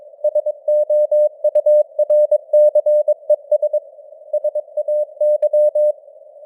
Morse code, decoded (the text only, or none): SOURCES SAY